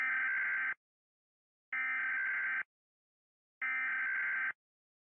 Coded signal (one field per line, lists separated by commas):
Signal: Emergency Alert System (SAME) tones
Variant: header bursts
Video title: When EAS Alarms complication 1